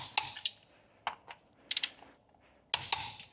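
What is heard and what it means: A torque wrench tightens the last lug nut on a wheel stud of an El Camino wheel, following a crisscross pattern. Several sharp ticks sound before the wrench gives a strong click at its setting at 2.7 s, followed by another tick. The lug nut is fully torqued and the job is done.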